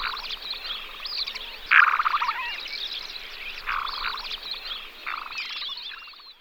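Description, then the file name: Black-bellied sandgrouse giving gurgling, bubbling calls in short harmonic bursts, several overlapping, with one louder call near two seconds and others scattered throughout. "Pterocles orientalis"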